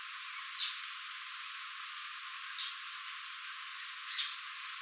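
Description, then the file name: Ceara gnateater making three brief, harsh, high notes spaced about one and a half to two seconds apart, with faint background hiss between them. "canto do chupa dente do nordeste"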